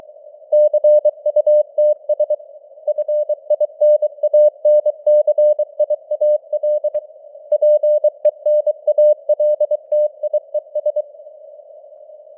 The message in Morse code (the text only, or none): CUTS FINANCIAL PENALTIES